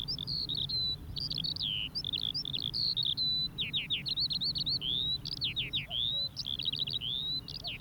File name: skowronek joost van bruggen. veldleeuwerik, zangpost op de grond knalzuiver, keihard